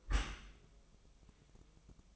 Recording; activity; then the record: daily activity, microphone in the room; close dishwasher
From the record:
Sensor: 1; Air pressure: 1004.8 hPa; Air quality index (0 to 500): 109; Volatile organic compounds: 3 ppm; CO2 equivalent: 1507 ppm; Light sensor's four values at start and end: 9/22/8/9 and 9/22/8/9